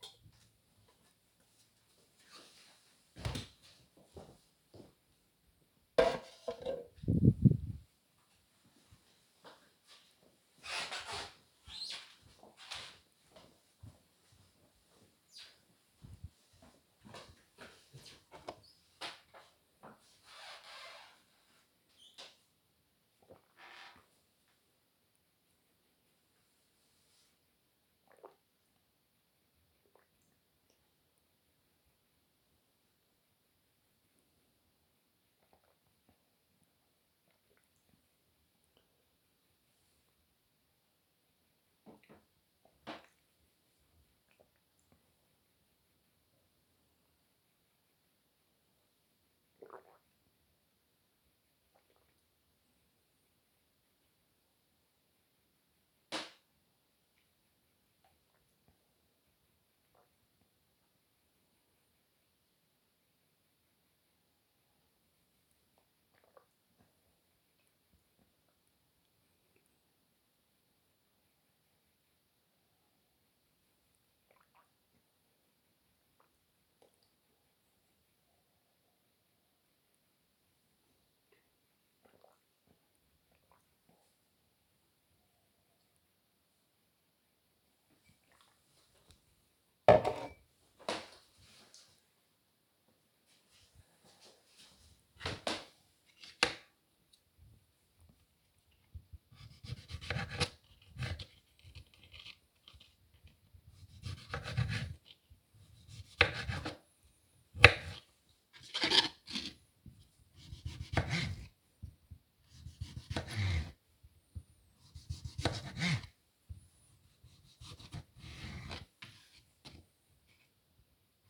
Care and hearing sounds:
household activities, microphone on the right wrist
0.00-5.56 s: watering plant
18.64-87.97 s: drinking
103.03-121.30 s: cutting vegetables

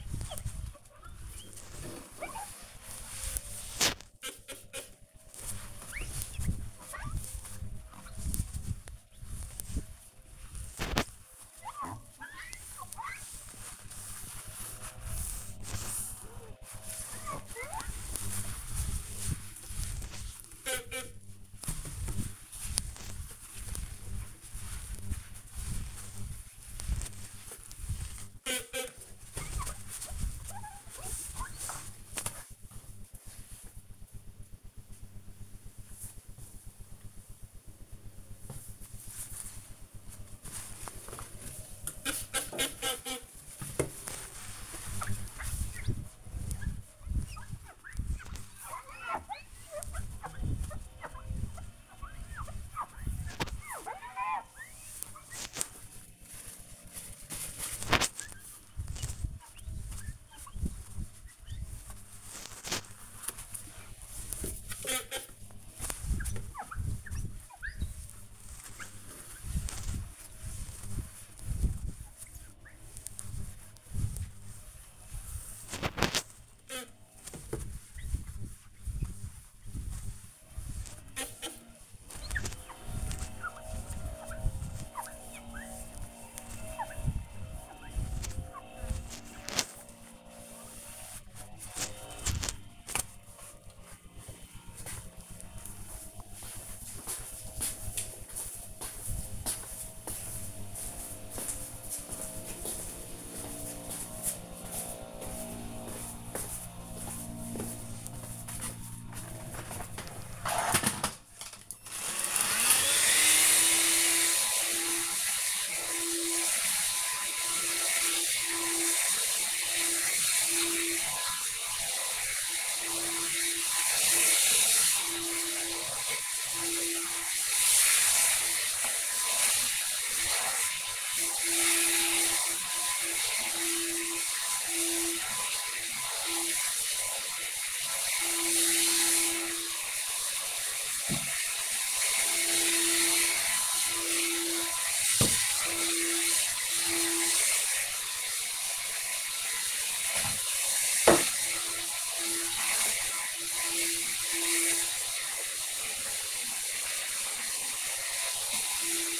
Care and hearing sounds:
household activities, microphone on the right wrist
0.00-30.77 s: window cleaning
39.84-92.22 s: window cleaning
107.34-159.20 s: vacuum cleaning

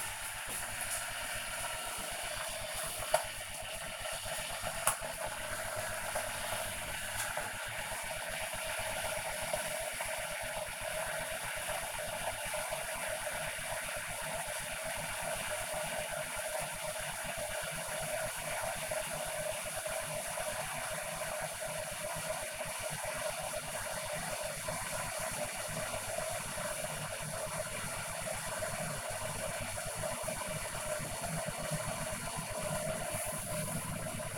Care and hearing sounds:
household activities, microphone on the right wrist
0.00-34.38 s: making tea
24.64 s: note: no water refill

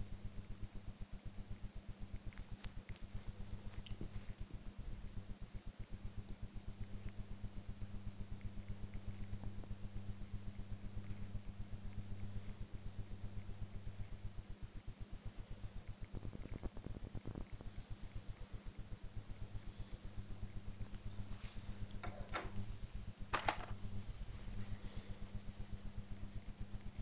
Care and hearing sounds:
household activities, microphone on the right wrist
0.00-27.01 s: drawing

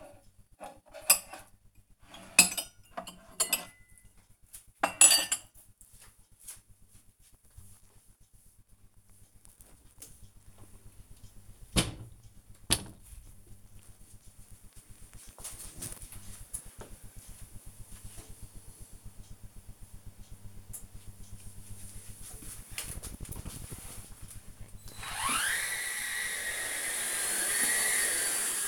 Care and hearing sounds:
household activities, microphone on the right wrist
0.00-11.74 s: putting away the dishes
22.82-28.68 s: vacuum cleaning

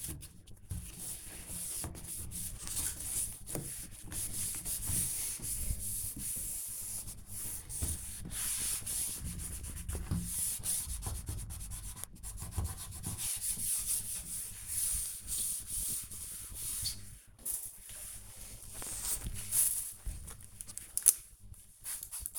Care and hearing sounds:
household activities, microphone on the right wrist
0.00-22.39 s: cleaning door

